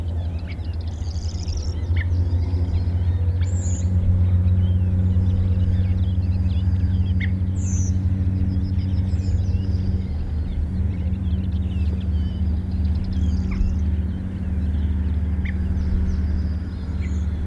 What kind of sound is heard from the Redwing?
call